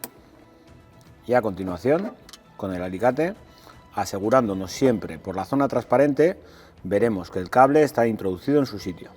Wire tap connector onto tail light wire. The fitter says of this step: Comme toujours, vous connecterez, le premier clic à la main,